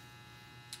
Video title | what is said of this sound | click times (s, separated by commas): Making Masonite panels | uh on the base so it's locked in at 15 degrees which you never | 0.7 s